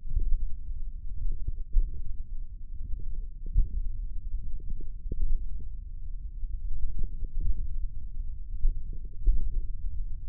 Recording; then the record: forearm muscle sounds (acoustic myography)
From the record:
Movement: tripod grip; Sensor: system 1, eight BSWA MPA416 microphones around the upper forearm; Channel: 5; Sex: male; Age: 28 years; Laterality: right